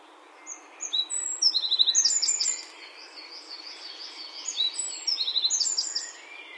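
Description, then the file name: Eurasian wren song, softer and broken up: quick, high twittering phrases that repeat and overlap with a thin run of repeated notes in the middle. "Troglodytes troglodytes"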